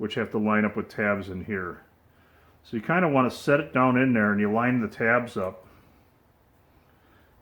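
Someone talks while a tabbed insert is set down into the reservoir of a rebuilt rear brake master cylinder from a KZ1000/KZ650, with its outer tabs lined up with the tabs inside before it is pushed home. The stretch is quiet apart from the talking, and nothing has seated or clicked yet.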